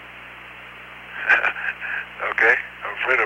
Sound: chuckle